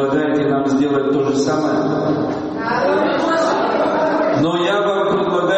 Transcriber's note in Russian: Шум в зале